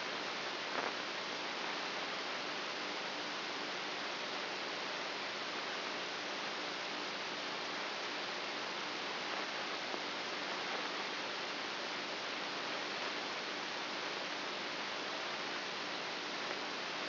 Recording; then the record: brain microelectrode recording played as sound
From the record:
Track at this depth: inside the subthalamic nucleus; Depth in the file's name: 5.04 mm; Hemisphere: right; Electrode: 2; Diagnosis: Parkinson's disease